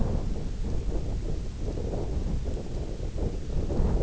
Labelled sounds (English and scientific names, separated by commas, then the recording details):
none
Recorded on Arctic tundra, site IGLO-F, on 20 June 2018
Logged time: 16:00